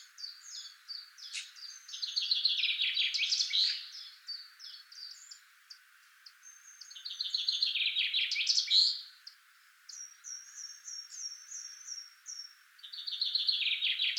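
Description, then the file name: Common chaffinch song, two trilled descending phrases ending in flourishes and the start of a third, with a series of repeated high notes between. "Fringilla coelebs"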